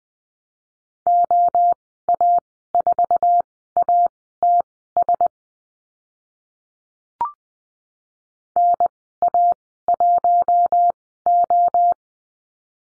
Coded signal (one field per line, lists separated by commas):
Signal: Morse code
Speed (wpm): 20 wpm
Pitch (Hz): 700 Hz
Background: none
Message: OA4ATS NA1O